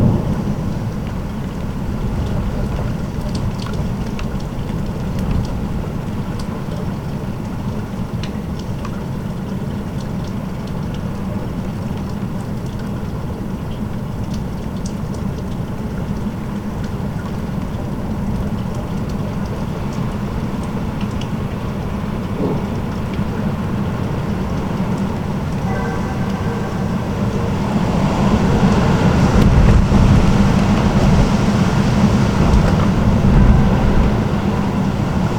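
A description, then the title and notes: Storm wind and rain make a steady, dense low roar with scattered ticks and patters, swelling louder and brighter from about 27 seconds onward. Wind and rain sounds from Storm Pia’s visit in Danish city.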